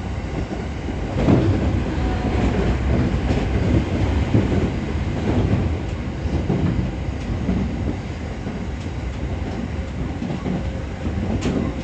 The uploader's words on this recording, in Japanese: E217系快速エアポート成田 並走。総武快速線。